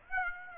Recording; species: mosquito wingbeat signal from an infrared sensor; Aedes aegypti